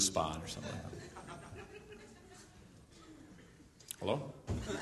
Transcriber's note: soundbite of audience laughter